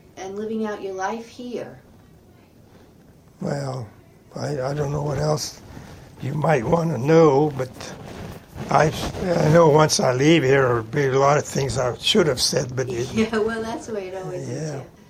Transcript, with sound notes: and living out your life here?
Well, I -- I don't know what else you might wanna know, but [microphone noise] I s -- I know once I leave here, 'ere'll be a lot of things I should have said, but the --
[interposed, laughs] Yeah, well that's the way always is, too.